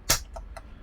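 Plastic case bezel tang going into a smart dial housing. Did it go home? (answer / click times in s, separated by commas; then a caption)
yes / 0.1 s. The last plastic case bezel tang is pressed home into an M5Dial smart dial housing during reassembly after painting, working around the dial, and it clicks in at 0.1 s with a sharp, bright snap. Two fainter, shorter clicks follow at about 0.4 s and 0.6 s, and the tang is confirmed seated.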